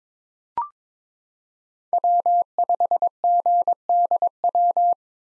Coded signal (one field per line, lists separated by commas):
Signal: Morse code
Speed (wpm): 22 wpm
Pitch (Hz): 700 Hz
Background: none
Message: W5GDW